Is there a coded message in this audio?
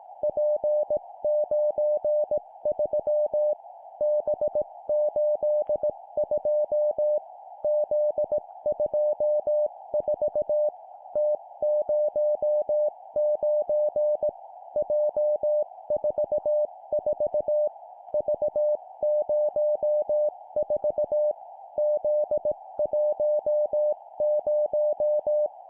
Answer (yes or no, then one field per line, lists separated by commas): yes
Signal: Morse code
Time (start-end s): 0.2-25.5 s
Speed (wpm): 18 wpm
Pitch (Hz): 600 Hz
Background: music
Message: P93 B82 Z24 T09 J44 V04 Z10